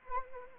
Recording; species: mosquito wingbeat signal from an infrared sensor; Anopheles arabiensis